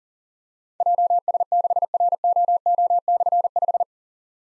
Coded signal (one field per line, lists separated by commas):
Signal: Morse code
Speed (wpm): 39 wpm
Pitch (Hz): 700 Hz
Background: none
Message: JS6ROO/5